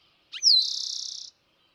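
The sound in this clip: Eastern Towhee giving a single phrase: a quick low note, a high falling whistle, then a fast, steady trill ending cleanly into silence.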